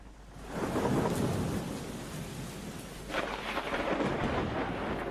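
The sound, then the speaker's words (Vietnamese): Heavy rain pours steadily in a dense hiss while low thunder rumbles and rolls through, swelling in two waves with a sharper crack midway. No voices. “Nhưng chẳng hiểu sao, khi túi gạo cuối cùng vừa trao đến tay người ăn mày nọ, thì cũng là lúc trên bầu trời đổ mưa lớn, sấm sét đùng đoàng.”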